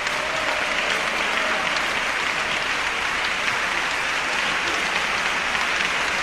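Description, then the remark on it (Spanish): Sustained, dense applause from a large concert audience standing for an ovation at a symphony orchestra concert fills the whole stretch, a steady roar of many hands clapping at even loudness with no pauses and no voices standing out. “Incluso la gente aplaude de pie.”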